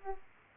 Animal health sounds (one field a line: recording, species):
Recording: mosquito wingbeat signal from an infrared sensor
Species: Aedes aegypti